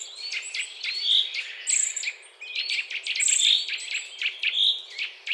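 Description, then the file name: Eurasian nuthatch calls: short slurred whistled notes repeated several times, mixed with sharp clicking notes and very high squeaky calls. "Sitta europaea"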